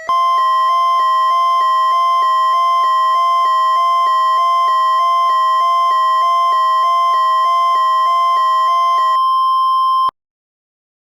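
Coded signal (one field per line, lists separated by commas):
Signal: Emergency Alert System (SAME) tones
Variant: 1050 Hz attention tone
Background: music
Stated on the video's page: Fictional EAS scenario themed on Mortal Kombat, made by a fan rather than broadcast.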